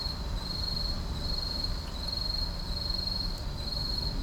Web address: boom library Urban and Suburban, Urban park night insects